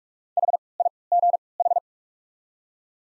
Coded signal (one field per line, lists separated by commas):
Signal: Morse code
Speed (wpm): 47 wpm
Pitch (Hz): 700 Hz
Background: none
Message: H I G H